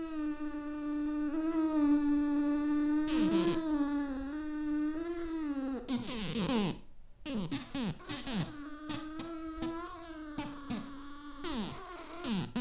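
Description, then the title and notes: Fly wingbeats: a loud sustained buzz, joined midway by rapid, sweeping, stuttering buzzes that flutter up and down, with brief crackling breaks. Flies stuck on a sticky flypaper trap, beating their wings in desperation; Arlebosc, Auvergne-Rhône-Alpes, France. "Arlebosc, Auvergne-Rhône-Alpes, France - Le requiem des mouches. Le concert/requiem des mouches. Collés sur leur piège de papier gluant, Je capte quelques battements d'ailes de désespoir."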